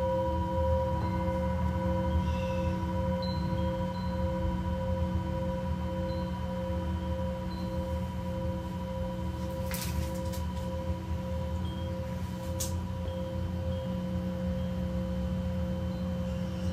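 A Tibetan singing bowl rings in a long, steady drone, with several pure tones held evenly across the whole clip and a faint slow pulsing in the upper ones. A low rumble sits underneath throughout, and a few brief bright clicks appear around ten and thirteen seconds.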